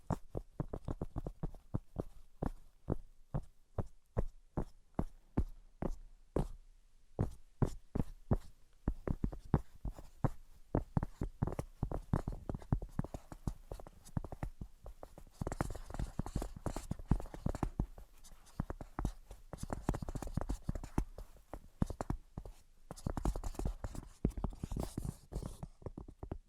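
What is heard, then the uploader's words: Rapid tapping runs through the whole stretch, sharp dry knocks falling in quick, uneven bursts with brief gaps. Around the middle and again near the end the taps thicken and turn brighter, picking up a faint scratchy hiss beneath them. Brain Penetrating 3D Tapping.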